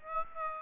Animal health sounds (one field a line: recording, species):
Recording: mosquito wingbeat signal from an infrared sensor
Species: Aedes aegypti